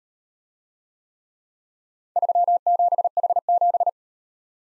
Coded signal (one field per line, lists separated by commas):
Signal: Morse code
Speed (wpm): 38 wpm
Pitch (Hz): 700 Hz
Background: none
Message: 37H7